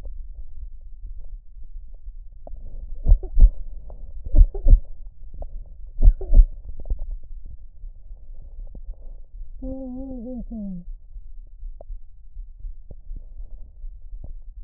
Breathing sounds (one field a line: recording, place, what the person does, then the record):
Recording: lung sounds by stethoscope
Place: left anterior apical chest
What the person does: quiet breathing, then cough and speech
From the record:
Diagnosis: interstitial lung disease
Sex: male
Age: 47 years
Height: 159 cm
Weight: 66.8 kg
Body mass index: 26.4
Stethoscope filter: extended mode